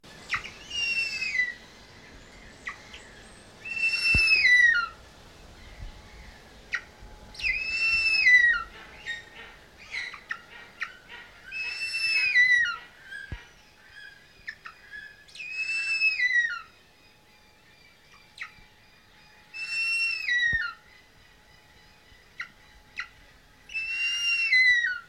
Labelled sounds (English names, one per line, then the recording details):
Harpy Eagle call
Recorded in captivity
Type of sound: call
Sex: male
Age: adult
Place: Tierpark Berlin, Berlin, DE
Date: 1981-07-18 10:35
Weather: bedeckt, 15°C
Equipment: Nagra SN, Kopie Uher 4200
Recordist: Tembrock, Günter
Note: Männchen: Laute auf Weibchen bezogen, das im anderen Käfig sitzt (sein Weibchen brütet). Entfernung 4 m